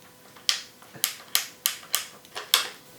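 A threaded kingpin in a skateboard truck baseplate is turned with a tool, loosening and tightening it. Each turn step gives a sharp click as it locks into a detent, at 0.5, 1.0, 1.4, 1.7, 2.0 and 2.5 seconds, with faint ticks between. The kingpin seats into its detent positions.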